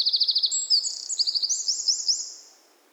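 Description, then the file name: Eurasian wren song, a loud shrill run of fast trills and sharp twittering phrases that fades out over the last half second into quiet. "Troglodytes troglodytes"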